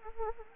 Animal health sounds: mosquito wingbeat signal from an infrared sensor; Anopheles arabiensis

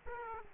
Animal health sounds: mosquito wingbeat signal from an infrared sensor; Aedes aegypti

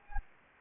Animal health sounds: mosquito wingbeat signal from an infrared sensor; Anopheles gambiae

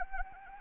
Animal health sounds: mosquito wingbeat signal from an infrared sensor; Anopheles arabiensis

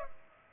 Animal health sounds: mosquito wingbeat signal from an infrared sensor; Culex pipiens

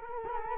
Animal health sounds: mosquito wingbeat signal from an infrared sensor; Culex quinquefasciatus

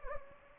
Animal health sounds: mosquito wingbeat signal from an infrared sensor; Anopheles gambiae

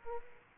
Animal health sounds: mosquito wingbeat signal from an infrared sensor; Aedes aegypti

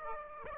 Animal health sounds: mosquito wingbeat signal from an infrared sensor; Aedes aegypti

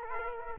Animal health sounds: mosquito wingbeat signal from an infrared sensor; Culex quinquefasciatus

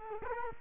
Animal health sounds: mosquito wingbeat signal from an infrared sensor; Culex quinquefasciatus

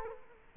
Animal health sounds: mosquito wingbeat signal from an infrared sensor; Culex quinquefasciatus

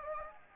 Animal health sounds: mosquito wingbeat signal from an infrared sensor; Anopheles gambiae

